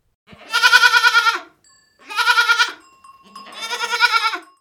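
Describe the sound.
Goats bleating: three long, quavering, nasal bleats of about a second each, separated by short pauses.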